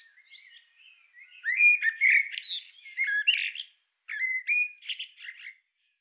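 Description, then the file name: Eurasian blackbird song beginning softly, then swelling into loud warbled phrases with high twittering endings, two main bursts. "Turdus merula"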